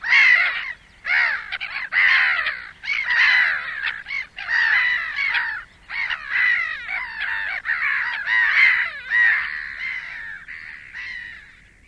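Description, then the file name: Black-headed gull calling almost without pause, a stream of raucous, grating squawks rising and falling in loudness, trailing off at the end. "De Kokmeeuw"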